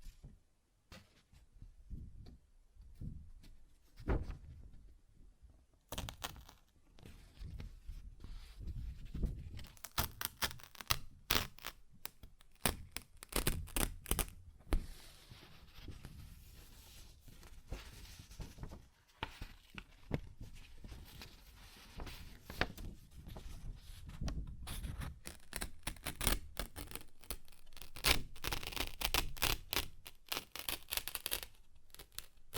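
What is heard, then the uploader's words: Paper is ripped and torn in dense, crackling bursts after a quiet, sparse opening, with sharp rips clustering around ten and twenty-five seconds. ASMR Paper Ripping Tearing Sounds (No Talking).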